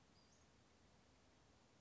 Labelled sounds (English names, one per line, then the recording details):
Western Flycatcher
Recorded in Sonoma County, California